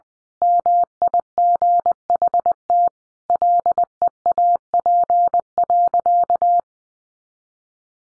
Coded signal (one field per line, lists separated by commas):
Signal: Morse code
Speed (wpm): 19 wpm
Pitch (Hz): 700 Hz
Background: none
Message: MIGHT LEAP.